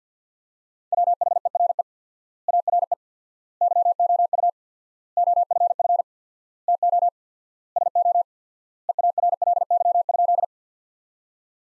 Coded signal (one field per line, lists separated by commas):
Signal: Morse code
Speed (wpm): 50 wpm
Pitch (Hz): 700 Hz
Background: none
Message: WHERE ARE YOU OFF TO SO EARLY?